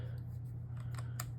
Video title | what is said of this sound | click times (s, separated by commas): How To Replace The Battery In Your Key FOB #diy #battery | sliding it in place and you'll hear it snap when it's in place | 1.2 s